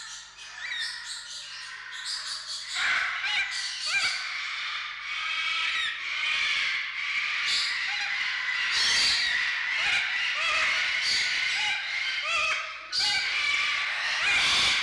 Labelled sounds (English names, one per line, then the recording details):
Eclectus Parrot call
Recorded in captivity
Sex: female
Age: adult
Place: Zoo Berlin, Berlin, DE
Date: 1995-03-04 11:03
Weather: heiter bis wolkig, 1 - 5 °C
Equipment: Marantz CP 130, Sennheiser ME 80, Kopie Uher Variocord 263
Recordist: Tembrock, Günter